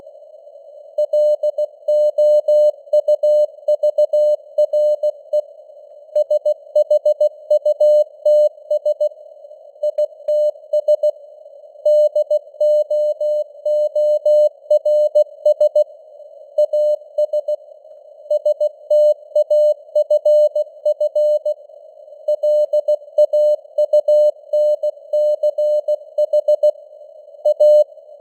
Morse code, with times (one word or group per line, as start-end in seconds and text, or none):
1.0-5.4 LOUVRE
6.2-9.1 SHUTS
9.8-11.1 ITS
11.9-15.8 DOORS
16.6-17.5 AS
18.3-21.5 STAFF
22.3-26.7 LAUNCH
27.5-27.8 A